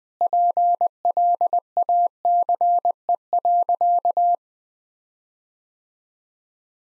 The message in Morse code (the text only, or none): PLACE.